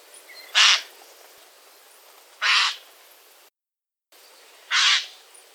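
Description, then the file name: Eurasian jay giving harsh, raspy screeches, three separate rough calls spaced about two seconds apart over a faint hiss. "Garrulus glandarius"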